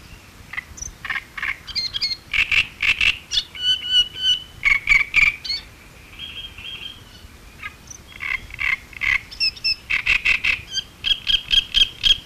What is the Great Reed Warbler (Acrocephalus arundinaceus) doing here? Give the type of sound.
song